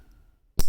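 The on-the-fly adjustment slide of a fully milled steel bracelet clasp on a Thorn T026 Spacewalker watch is pushed inward by one step. After a near-silent stretch, a single sharp click sounds at 0.6 s as the adjustment seats.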